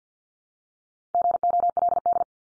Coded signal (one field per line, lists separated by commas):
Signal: Morse code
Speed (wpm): 50 wpm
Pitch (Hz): 700 Hz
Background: none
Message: GOLD